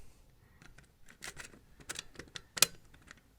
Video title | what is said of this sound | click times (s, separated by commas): Stark Pursuit 20 Round Zetamag Gen 3 TiPX/TPX - Review | and 10 you can just hear it locked down so I know everything's where it should be inside there and I'm ready to go | 2.6 s